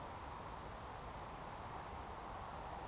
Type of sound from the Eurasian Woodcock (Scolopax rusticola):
whistle